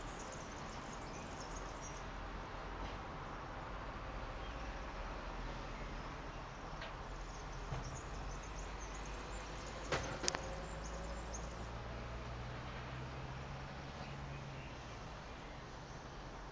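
Street noise from a balcony on the outskirts of Verona: a steady, dense hum of traffic fills the whole clip. A low engine drone rises from about eleven seconds on, and a couple of short sharp knocks land near ten seconds.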